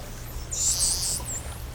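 Whale calling with high, curving whistles that sweep up and down, heard over a steady low underwater rumble.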